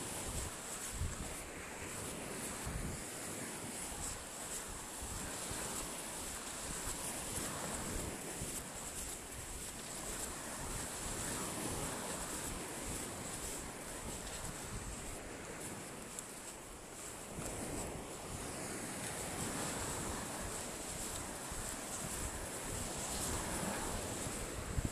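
Wind-driven waves make a steady, dense wash of surf with gusty low rumbles buffeting throughout and a constant bright hiss above.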